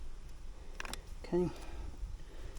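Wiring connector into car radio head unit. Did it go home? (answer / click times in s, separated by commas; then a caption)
yes / 0.8 s. A plastic wiring connector is pushed into the wiring harness on the back of an aftermarket Android car radio head unit, part of a DAB+ and sat nav upgrade in a Ford Mondeo Mk4. A short, sharp click at 0.8 s, followed by a couple of quick ticks, shows the connector has seated. Someone then talks briefly.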